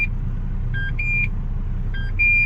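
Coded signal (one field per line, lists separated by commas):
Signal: beep code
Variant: Renault Espace 4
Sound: two repeats of a short low beep then a longer higher beep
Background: car engine idling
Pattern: 2 low-high pairs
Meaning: The key card is not detected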